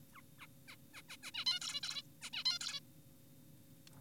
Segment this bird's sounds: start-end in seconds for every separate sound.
0.14-0.22, 0.39-0.47, 0.68-0.76, 0.94-1.02, 1.09-1.17, 1.23-1.31, 1.34-1.45, 1.46-1.59, 1.62-1.80, 1.83-2.02, 2.22-2.30, 2.33-2.44, 2.46-2.58, 2.61-2.80